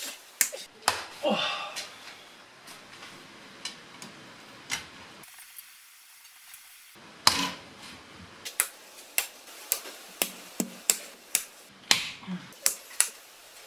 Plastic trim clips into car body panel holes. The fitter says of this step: uh after a lot of satisfying clicks they were in and it was time to move on to the rear wheel housing covers